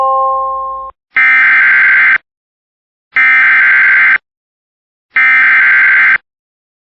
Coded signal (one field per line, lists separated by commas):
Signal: Emergency Alert System (SAME) tones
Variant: header bursts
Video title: Winter Storm Warning EAS for Kentucky 1/25/26